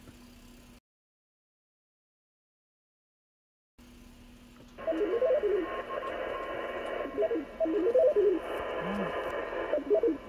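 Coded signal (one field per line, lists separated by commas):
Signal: HF data modem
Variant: VARA HF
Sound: brief hum, three seconds of silence, then steady wide hiss-like data with warbling low tones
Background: radio static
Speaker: by the way 15 watts 15 watts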